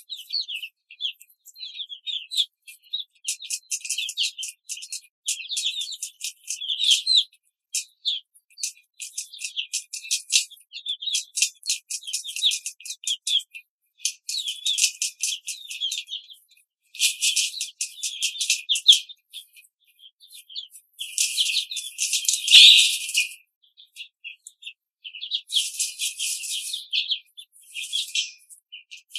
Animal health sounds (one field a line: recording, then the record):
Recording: young laying hens in a cage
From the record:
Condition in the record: control cage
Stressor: none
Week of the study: 5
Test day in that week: 1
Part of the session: 3